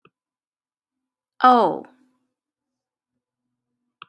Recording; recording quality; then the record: sustained vowel as in boot; excellent, no background noise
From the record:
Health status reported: healthy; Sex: female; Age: 48 years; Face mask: not worn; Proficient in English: yes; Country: United States